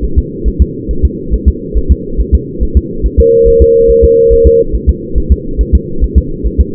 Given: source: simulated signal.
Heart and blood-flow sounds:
fetal heart sounds
0.04 s: S1
0.19 s: S2
0.48 s: S1
0.62 s: S2
0.91 s: S1
1.05 s: S2
1.34 s: S1
1.48 s: S2
1.77 s: S1
1.91 s: S2
2.20 s: S1
2.34 s: S2
2.63 s: S1
2.77 s: S2
3.06 s: S1
3.20 s: S2
3.48 s: S1
3.62 s: S2
3.90 s: S1
4.04 s: S2
4.33 s: S1
4.47 s: S2
4.75 s: S1
4.89 s: S2
5.18 s: S1
5.32 s: S2
5.61 s: S1
5.75 s: S2
6.04 s: S1
6.18 s: S2
6.47 s: S1
6.60 s: S2
From the record:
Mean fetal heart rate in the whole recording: 140 bpm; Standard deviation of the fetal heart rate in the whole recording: 2 bpm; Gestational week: 34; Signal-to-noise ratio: -8.1 dB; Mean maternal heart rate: 72 bpm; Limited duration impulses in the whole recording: present

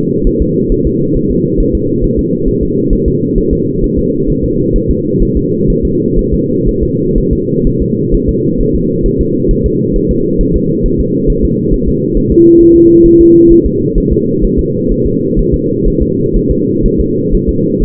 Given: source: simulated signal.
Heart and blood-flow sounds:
fetal heart sounds
0.27 s: S1
0.42 s: S2
0.72 s: S1
0.87 s: S2
1.16 s: S1
1.31 s: S2
1.60 s: S1
1.75 s: S2
2.04 s: S1
2.19 s: S2
2.48 s: S1
2.63 s: S2
2.93 s: S1
3.08 s: S2
3.38 s: S1
3.53 s: S2
3.84 s: S1
3.99 s: S2
4.30 s: S1
4.44 s: S2
4.76 s: S1
4.91 s: S2
5.22 s: S1
5.37 s: S2
5.70 s: S1
5.85 s: S2
6.19 s: S1
6.34 s: S2
6.69 s: S1
6.83 s: S2
7.18 s: S1
7.33 s: S2
7.67 s: S1
7.82 s: S2
8.14 s: S1
8.29 s: S2
8.61 s: S1
8.75 s: S2
9.06 s: S1
9.21 s: S2
9.51 s: S1
9.66 s: S2
9.96 s: S1
10.11 s: S2
10.41 s: S1
10.56 s: S2
10.86 s: S1
11.00 s: S2
11.30 s: S1
11.45 s: S2
11.74 s: S1
11.88 s: S2
12.17 s: S1
12.32 s: S2
12.61 s: S1
12.76 s: S2
13.06 s: S1
13.21 s: S2
13.52 s: S1
13.66 s: S2
13.98 s: S1
14.12 s: S2
14.44 s: S1
14.59 s: S2
14.92 s: S1
15.06 s: S2
15.39 s: S1
15.54 s: S2
15.88 s: S1
16.02 s: S2
16.36 s: S1
16.51 s: S2
16.86 s: S1
17.00 s: S2
17.34 s: S1
17.49 s: S2
17.83 s: S1
From the record:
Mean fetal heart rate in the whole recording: 130 bpm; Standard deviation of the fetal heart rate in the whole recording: 4 bpm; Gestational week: 38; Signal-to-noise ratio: -11.2 dB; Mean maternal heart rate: 72 bpm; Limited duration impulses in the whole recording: present

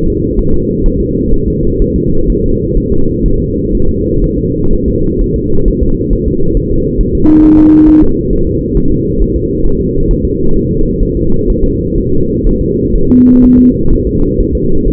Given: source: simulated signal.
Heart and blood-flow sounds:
fetal heart sounds
0.08 s: S2
0.39 s: S1
0.54 s: S2
0.86 s: S1
1.00 s: S2
1.34 s: S1
1.48 s: S2
1.82 s: S1
1.96 s: S2
2.30 s: S1
2.44 s: S2
2.78 s: S1
2.92 s: S2
3.26 s: S1
3.40 s: S2
3.75 s: S1
3.89 s: S2
4.24 s: S1
4.38 s: S2
4.73 s: S1
4.88 s: S2
5.22 s: S1
5.36 s: S2
5.68 s: S1
5.82 s: S2
6.13 s: S1
6.28 s: S2
6.57 s: S1
6.72 s: S2
7.01 s: S1
7.15 s: S2
7.44 s: S1
7.59 s: S2
7.88 s: S1
8.03 s: S2
8.33 s: S1
8.47 s: S2
8.77 s: S1
8.92 s: S2
9.22 s: S1
9.36 s: S2
9.66 s: S1
9.81 s: S2
10.11 s: S1
10.25 s: S2
10.56 s: S1
10.71 s: S2
11.03 s: S1
11.17 s: S2
11.50 s: S1
11.64 s: S2
11.98 s: S1
12.12 s: S2
12.47 s: S1
12.61 s: S2
12.96 s: S1
13.10 s: S2
13.44 s: S1
13.59 s: S2
13.93 s: S1
14.07 s: S2
14.41 s: S1
14.55 s: S2
14.88 s: S1
From the record:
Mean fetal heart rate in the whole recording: 130 bpm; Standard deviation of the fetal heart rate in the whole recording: 4 bpm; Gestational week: 38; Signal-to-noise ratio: -17.7 dB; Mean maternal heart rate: 72 bpm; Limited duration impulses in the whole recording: present

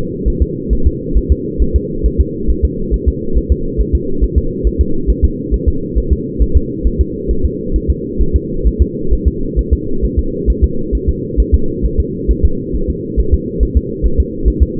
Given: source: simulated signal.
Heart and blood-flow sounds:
fetal heart sounds
0.28 s: S1
0.42 s: S2
0.73 s: S1
0.87 s: S2
1.17 s: S1
1.32 s: S2
1.62 s: S1
1.76 s: S2
2.06 s: S1
2.21 s: S2
2.50 s: S1
2.65 s: S2
2.94 s: S1
3.08 s: S2
3.38 s: S1
3.52 s: S2
3.80 s: S1
3.95 s: S2
4.23 s: S1
4.38 s: S2
4.67 s: S1
4.81 s: S2
5.10 s: S1
5.25 s: S2
5.54 s: S1
5.68 s: S2
5.98 s: S1
6.12 s: S2
6.42 s: S1
6.57 s: S2
6.87 s: S1
7.01 s: S2
7.31 s: S1
7.45 s: S2
7.76 s: S1
7.90 s: S2
8.21 s: S1
8.36 s: S2
8.67 s: S1
8.82 s: S2
9.13 s: S1
9.28 s: S2
9.59 s: S1
9.73 s: S2
10.04 s: S1
10.19 s: S2
10.50 s: S1
10.64 s: S2
10.95 s: S1
11.09 s: S2
11.40 s: S1
11.54 s: S2
11.85 s: S1
12.00 s: S2
12.31 s: S1
12.45 s: S2
12.75 s: S1
12.90 s: S2
13.20 s: S1
13.34 s: S2
13.63 s: S1
13.77 s: S2
14.06 s: S1
14.20 s: S2
14.48 s: S1
14.62 s: S2
From the record:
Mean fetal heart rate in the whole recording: 135 bpm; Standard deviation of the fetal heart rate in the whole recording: 3 bpm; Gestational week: 34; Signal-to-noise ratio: -8.1 dB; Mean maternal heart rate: 72 bpm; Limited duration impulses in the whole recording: absent

